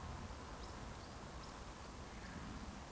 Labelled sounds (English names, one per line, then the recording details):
Eurasian Woodcock whistle
Eurasian Woodcock chase call
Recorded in Baden-Württemberg, Germany, on 15 June 2020 at 20:39 UTC
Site 14569, 102 m above sea level